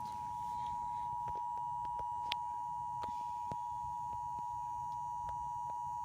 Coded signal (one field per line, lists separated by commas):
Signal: Emergency Alert System (SAME) tones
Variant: 853 and 960 Hz attention tone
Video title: FAILED DOUBLE HEADER EAS #173-174